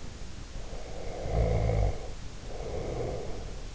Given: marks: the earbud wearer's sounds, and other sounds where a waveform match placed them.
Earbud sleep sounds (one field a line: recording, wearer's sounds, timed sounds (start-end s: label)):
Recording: sounds in sleep by an in-ear microphone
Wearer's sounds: snoring breath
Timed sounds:
0.51-3.68 s: snoring breath